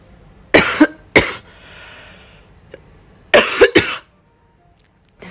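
About six short, sharp cough bursts from an adult woman, in two clusters: three near the start, then a tighter run of three after a pause. The coughs are loud and abrupt, with a slightly throat-clearing quality, against a quiet background.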